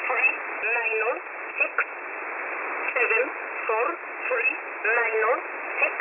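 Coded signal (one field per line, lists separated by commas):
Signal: numbers station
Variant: E11a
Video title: E11a Message 23/12/2022 0820 UTC 5149kHz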